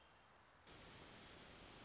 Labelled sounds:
American Robin
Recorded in Sonoma County, California

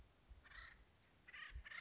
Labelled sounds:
Acorn Woodpecker
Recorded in Sonoma County, California

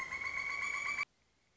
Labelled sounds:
Pileated Woodpecker
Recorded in Sonoma County, California

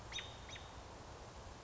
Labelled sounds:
American Robin
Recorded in Sonoma County, California

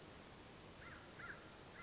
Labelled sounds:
American Crow
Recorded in Sonoma County, California

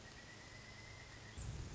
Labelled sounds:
Pileated Woodpecker
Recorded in Sonoma County, California

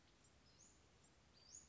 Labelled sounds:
Western Flycatcher
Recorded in Sonoma County, California

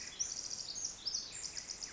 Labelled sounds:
Pacific Wren
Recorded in Sonoma County, California

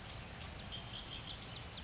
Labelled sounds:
Red-winged Blackbird
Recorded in Sonoma County, California

